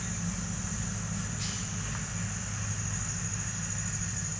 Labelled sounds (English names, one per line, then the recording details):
none
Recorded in pastures near Puerto Asís, Putumayo, Colombia, on 8 March 2025 at 08:00
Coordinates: 0.497, -76.327
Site G072